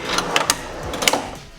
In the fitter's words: them out they lock into place